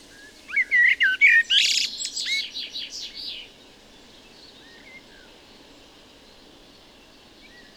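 Common blackbird song: a mellow, fluty warbled phrase that breaks into a high, squeaky twitter, then fades into a quiet pause with faint birds.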